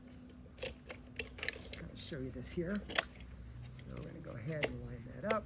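A person handles the two halves of an EGO string trimmer's plastic auto-feed head, with the spring inside, lining up the trimmer head cover with the spool housing while someone talks. Short handling clicks and taps are heard between the speech. Nothing has seated or snapped into place yet.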